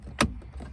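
A plastic shroud is pressed into place around the buttons on a Saab 9-5 rearview mirror housing, and its first tab snaps in with a sharp, bright click at 0.2 s. A much fainter, low sound follows around 0.5 s, and the shroud is seated.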